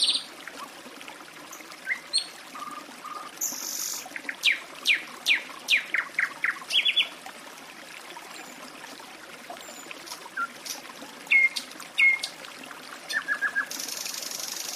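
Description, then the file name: Nightingale delivering varied phrases: a series of sharp notes, short whistles and a closing burst of repeated notes, then a high buzzy trill, water flowing behind. Sung beside a forest stream. "Penie ptic - Solovej u lesnogo ruchya"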